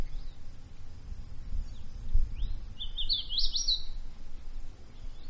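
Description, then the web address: Bird giving a short, bright trilled warble after a few faint chirps, set against a low continuous rumble. Quiet woodland. "Manhattan Production Music. Woods Quiet Bird Song Cricket"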